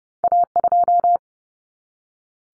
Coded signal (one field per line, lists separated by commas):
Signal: Morse code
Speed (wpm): 30 wpm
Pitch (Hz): 700 Hz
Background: none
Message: A2